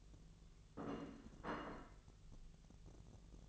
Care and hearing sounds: daily activity, microphone in the room; place plate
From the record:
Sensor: 4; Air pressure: 1001.0 hPa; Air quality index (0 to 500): 145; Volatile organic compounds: 2 ppm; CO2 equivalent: 1072 ppm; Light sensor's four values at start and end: 25/61/25/27 and 25/61/25/27

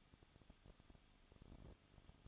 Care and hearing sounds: daily activity, microphone in the room; no activity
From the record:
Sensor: 4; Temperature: 23.1 degrees Celsius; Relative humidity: 34.1%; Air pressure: 1007.2 hPa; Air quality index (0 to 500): 214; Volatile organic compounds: 14 ppm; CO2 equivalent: 2472 ppm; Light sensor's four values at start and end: 2/3/1/1 and 2/3/1/1

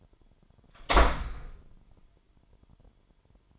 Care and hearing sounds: daily activity, microphone in the room; close door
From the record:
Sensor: 5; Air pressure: 998.5 hPa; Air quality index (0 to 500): 82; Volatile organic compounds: 1 ppm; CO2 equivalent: 930 ppm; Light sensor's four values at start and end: 32/77/32/35 and 31/77/31/35

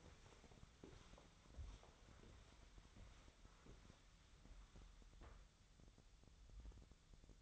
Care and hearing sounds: daily activity, microphone in the room; walk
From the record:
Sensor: 3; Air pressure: 1015.3 hPa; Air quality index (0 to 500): 129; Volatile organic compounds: 5 ppm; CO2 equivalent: 1818 ppm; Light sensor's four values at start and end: 16/40/16/18 and 15/39/16/17

